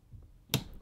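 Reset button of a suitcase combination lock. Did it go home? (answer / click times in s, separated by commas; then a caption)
yes / 0.5 s. With the dials set to the current code, the reset button of a John Lewis Girona suitcase combination lock is pressed down and stays down. A sharp click sounds at 0.5 s, followed by two faint ticks near 0.7 and 0.8 s. The button has clicked down and seated, confirming the reset.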